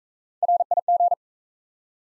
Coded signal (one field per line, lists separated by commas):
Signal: Morse code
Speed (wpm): 40 wpm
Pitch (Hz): 700 Hz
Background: none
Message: RIG